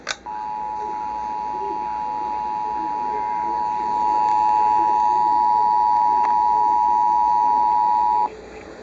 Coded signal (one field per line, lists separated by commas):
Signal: Emergency Alert System (SAME) tones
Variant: 853 and 960 Hz attention tone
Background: speech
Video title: Real NOAA Weather Radio EAS Alert #273 + TV EAS Alert